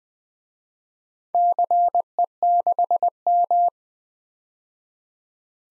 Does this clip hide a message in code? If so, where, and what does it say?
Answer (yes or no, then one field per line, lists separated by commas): yes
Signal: Morse code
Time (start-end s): 1.3-3.7 s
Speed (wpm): 21 wpm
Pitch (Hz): 700 Hz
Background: none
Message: CE6M